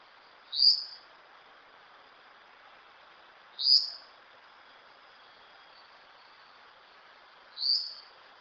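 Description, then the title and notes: Yellow-olive flatbill giving three short, sharp, high buzzy notes, each slightly rising, spaced a few seconds apart over a soft steady background hiss. "bico chato de orelha preta. Casa dos Pássaros"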